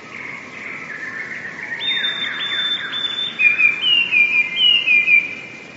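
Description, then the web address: Eurasian blue tit song: a soft lower whistle, then three sharp high notes and a bright, fast, falling trill. "wroblowe teka spiew. wroblowe teka modraszkoteka"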